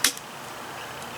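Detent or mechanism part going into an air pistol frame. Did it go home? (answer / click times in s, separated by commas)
yes / 0.1 s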